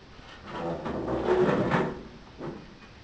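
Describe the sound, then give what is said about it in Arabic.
A scraping, rumbling slide of a chair being pulled closer across the floor during a lesson, building over about a second and a half and then easing off, followed by a short softer scrape. “سأقرب الكرسي عشان رجلي ما تتعبش”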